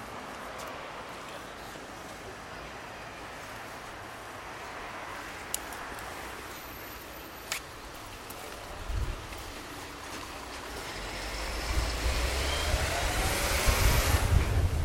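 A soundwalk in Margate with a steady wash of outdoor noise, like wind or surf, under passing traffic. A couple of sharp clicks land near five and a half and seven and a half seconds. From about eleven seconds the noise swells louder, with low rumbling gusts toward the end.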